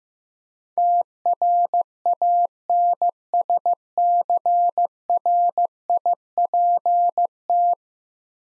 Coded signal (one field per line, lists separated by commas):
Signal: Morse code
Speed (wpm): 15 wpm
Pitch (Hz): 700 Hz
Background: none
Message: TRANSCRIPT